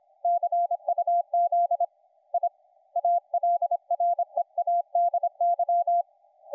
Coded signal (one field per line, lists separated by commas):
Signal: Morse code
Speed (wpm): 26 wpm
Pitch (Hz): 690 Hz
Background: none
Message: CUZ I ALREADY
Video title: HP15 laptop + SDRplay